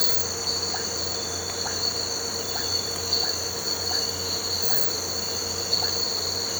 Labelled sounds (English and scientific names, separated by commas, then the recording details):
none
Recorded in pastures near Puerto Asís, Putumayo, Colombia, on 8 March 2025 at 06:00
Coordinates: 0.466, -76.322
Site CSA-02